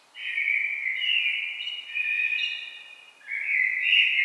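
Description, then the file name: Common blackbird song: a rich, low fluted warble running almost unbroken for about four seconds, with a brief dip before a final phrase. "Turdus merula"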